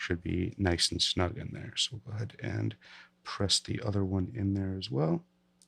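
Someone talks while about to press a second friction-held plug-in component into its socket on a headphone amplifier circuit board, with only a faint brief tick near the very end. Nothing has seated or clicked into the socket yet.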